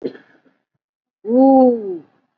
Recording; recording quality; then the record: sustained vowel as in boot; excellent, no background noise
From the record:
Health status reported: COVID-19 positive, moderate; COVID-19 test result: positive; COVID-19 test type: RT-PCR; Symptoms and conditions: cough, fatigue, muscle pain, pneumonia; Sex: female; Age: 68 years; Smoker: no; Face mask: worn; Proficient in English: no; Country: India